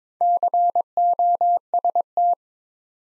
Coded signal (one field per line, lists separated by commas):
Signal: Morse code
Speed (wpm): 22 wpm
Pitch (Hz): 700 Hz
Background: none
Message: COST